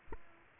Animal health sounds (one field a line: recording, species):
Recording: mosquito wingbeat signal from an infrared sensor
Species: Aedes aegypti